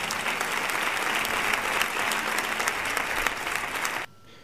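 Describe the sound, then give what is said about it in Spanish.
Steady applause from an audience: dense, crackling clapping at an even level for about four seconds, then cutting off abruptly into near silence. “Aplauso.”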